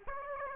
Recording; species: mosquito wingbeat signal from an infrared sensor; Aedes aegypti